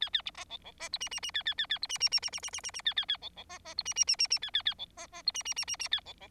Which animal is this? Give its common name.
Bengalese Finch